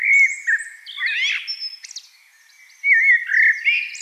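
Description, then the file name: Eurasian blackbird song: two bursts of mellow warbling separated by a brief lull, with squeaky high notes woven between the phrases. "Turdus merula"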